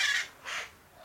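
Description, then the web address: Parakeet calls, a loud harsh burst at the start, a softer second call, and another beginning at the very end. Calm parakeets. "the sound pack tree. calm parakeets"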